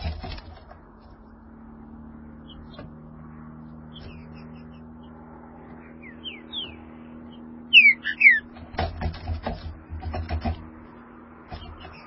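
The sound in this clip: Green-winged saltator giving soft whistles, then a short loud phrase of descending whistled notes, quickly followed by clattering and knocking noises.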